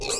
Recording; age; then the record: pig call; weaner (32 to 43 days)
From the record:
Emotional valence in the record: negative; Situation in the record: novel object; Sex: female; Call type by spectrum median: high-frequency call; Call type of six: high-frequency stable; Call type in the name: high-frequency stable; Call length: 0.20 s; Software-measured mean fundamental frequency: 148 Hz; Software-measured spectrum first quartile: 777 Hz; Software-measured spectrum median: 3798 Hz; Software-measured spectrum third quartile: 6665 Hz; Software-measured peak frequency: 430 Hz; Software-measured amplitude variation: 108 dB a second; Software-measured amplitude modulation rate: 17.5 a second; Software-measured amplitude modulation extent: 6.1 dB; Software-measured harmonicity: 1.9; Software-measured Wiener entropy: -2.17